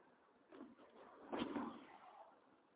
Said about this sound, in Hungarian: Álljál meg, jön meg az autó, várjál! Álljál meg, jön az autó! Álljál, jön egy autó!